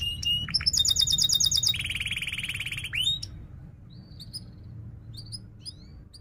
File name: Suara Kenari Gacor Cuit Cuit Ngerol Tajam